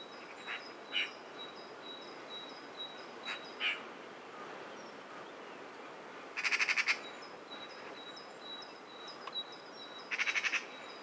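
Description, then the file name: Eurasian magpie giving scattered short harsh calls, then two rapid harsh rattling bursts, with a repeated thin high piping from another bird. "Pica pica"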